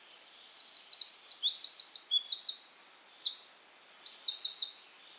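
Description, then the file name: Eurasian wren song: a rapid, loud outpouring of high trills and sharp notes lasting about four seconds, mixing fast rattling runs with brief pure whistles, clear against a quiet background. "Troglodytes troglodytes"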